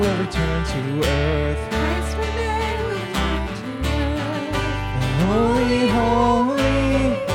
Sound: echo